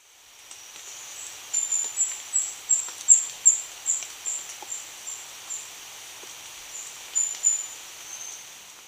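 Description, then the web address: Indigo flowerpiercer song, a series of thin, very high notes at about three per second, a pause, then a few more notes. Recorded in Ecuador. "Natures Songs S America Birds of Ecuador Indigo Flowerpiercer"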